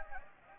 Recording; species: mosquito wingbeat signal from an infrared sensor; Anopheles gambiae